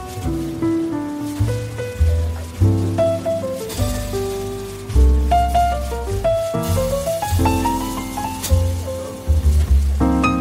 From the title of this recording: Beach Cafe Ambience With Relaxing Coffee Shop Music, Ocean Waves, Soft Chatter